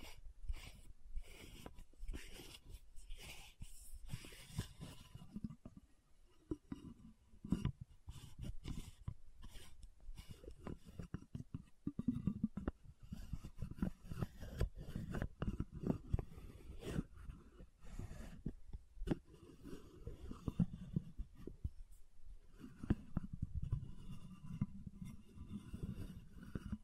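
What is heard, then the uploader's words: Lid sounds, bottle tapping and scratching form a dense, irregular run of scrapes and knocks, low and rough throughout with occasional brighter clicks. Lid Sounds & Bottle Tapping, Scratching. (No Talking).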